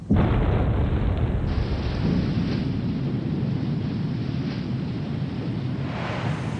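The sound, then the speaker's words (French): A deep, muffled explosion, the blasting of a dam for a canal linking the Pacific and Atlantic oceans, booms out and gives way to a long, heavy rumble that rolls on steadily for several seconds with no voices. “Puis, on entendit un grondement sourd, un boum étouffé.”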